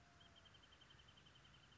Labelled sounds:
Wrentit (Chamaea fasciata)

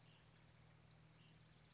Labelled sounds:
Western Flycatcher (Empidonax difficilis)

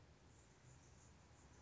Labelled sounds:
Anna's Hummingbird (Calypte anna)

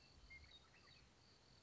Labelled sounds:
Western Meadowlark (Sturnella neglecta)

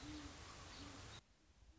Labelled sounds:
Great Horned Owl (Bubo virginianus)

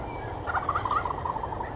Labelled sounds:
Wild Turkey (Meleagris gallopavo)

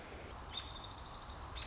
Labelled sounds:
American Robin (Turdus migratorius)

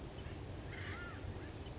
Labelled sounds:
Acorn Woodpecker (Melanerpes formicivorus)

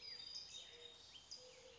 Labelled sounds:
Mourning Dove (Zenaida macroura)

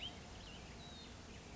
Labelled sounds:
Cassin's Vireo (Vireo cassinii)

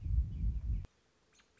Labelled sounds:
American Robin (Turdus migratorius)

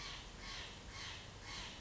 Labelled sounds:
Steller's Jay (Cyanocitta stelleri)

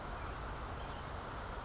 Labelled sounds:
California Towhee (Melozone crissalis)

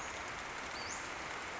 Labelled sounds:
Western Flycatcher (Empidonax difficilis)

